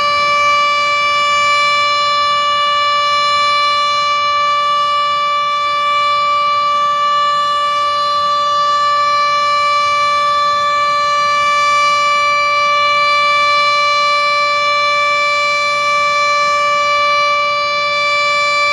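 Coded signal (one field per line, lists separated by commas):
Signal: siren signal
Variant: Japanese dam discharge siren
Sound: one continuous, steady, buzzy siren tone held for about 19 seconds without rising or falling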